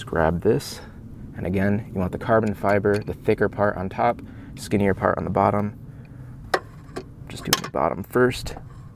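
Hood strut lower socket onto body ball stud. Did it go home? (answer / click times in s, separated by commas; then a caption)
no / none. Someone talks while fitting a Paragon Performance carbon fiber hood strut on a C8 Corvette, thicker part on top and skinnier part on the bottom, pushing its lower end onto the lower ball stud on the body first. Brief sharp ticks sound around 6.0, 6.5 and 7.0 seconds, the one at 6.5 seconds much louder. Nothing has seated yet by the end of the clip.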